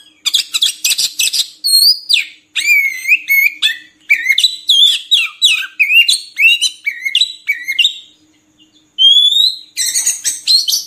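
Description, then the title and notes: Oriental magpie-robin song, a loud continuous stream of rich whistles, slurred rising notes and harsh buzzy chatter, with brief pauses near eight seconds. Filler song used to train magpie-robins to sing vigorously day and night. "Kacer Jadi Gacor Siang Malam. Isian Kacer Durasi Panjang"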